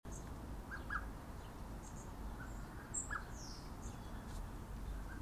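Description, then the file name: Common blackbird giving short, faint clipped call notes at irregular intervals over a steady low rumble of background noise. "Turdus merula"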